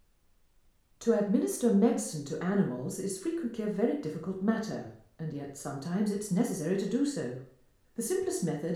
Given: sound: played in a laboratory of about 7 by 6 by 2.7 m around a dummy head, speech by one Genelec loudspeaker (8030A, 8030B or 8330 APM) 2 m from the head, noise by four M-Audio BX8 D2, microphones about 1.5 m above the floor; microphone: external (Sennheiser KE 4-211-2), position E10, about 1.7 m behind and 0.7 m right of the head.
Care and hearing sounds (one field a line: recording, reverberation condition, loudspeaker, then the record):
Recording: female speech in English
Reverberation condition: medium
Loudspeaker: 120 degrees to the right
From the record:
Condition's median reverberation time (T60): about 510 ms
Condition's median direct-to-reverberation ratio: about -0.5 dB